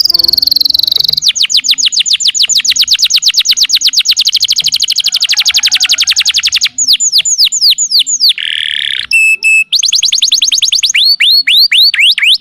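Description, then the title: Bird singing loud fast trills of high downslurred notes, sweeping from very high to mid pitch, several rapid bursts with brief changes of phrase. "Kicau Burung"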